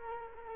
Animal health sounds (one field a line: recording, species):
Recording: mosquito wingbeat signal from an infrared sensor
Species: Culex quinquefasciatus